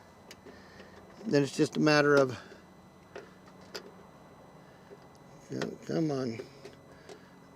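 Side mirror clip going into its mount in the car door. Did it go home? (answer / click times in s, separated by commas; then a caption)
no / none. While replacing the side mirror on a Nissan Pathfinder, a plastic clip or connector for the mirror is turned and worked to line it up with its mount in the car door, as someone talks. Faint ticks of handling are heard around 0.3, 3.2 and 3.8 seconds, but the clip has not seated or clicked into place yet.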